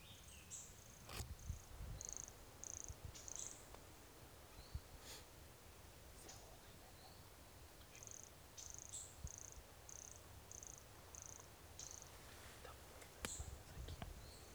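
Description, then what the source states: Brachycephalus sulfuratus calling: high, buzzy pulsed notes in two runs, each note brief and repeated roughly twice a second, over a steady low rumble with scattered clicks. Recorded at Serra do Guaraqueçaba, 22 October 2016; calling animal not collected.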